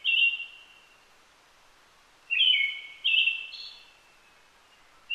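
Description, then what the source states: Brown-headed thrush singing: a fading note at the start, then a clear phrase of rich, slightly buzzy whistles sliding downward. Recorded on 29 June 2009 at 17:46.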